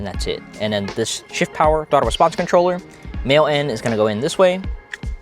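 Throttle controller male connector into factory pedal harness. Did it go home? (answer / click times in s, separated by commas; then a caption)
no / none. Someone talks while holding the male end of a plastic ShiftPower Throttle Response Controller connector, about to push it into the factory harness plug on a demonstration throttle pedal. Two brief sharp ticks sound near the end at about 4.9 s and 5.0 s, but the connector has not seated or clicked yet.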